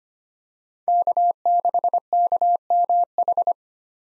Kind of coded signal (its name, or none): Morse code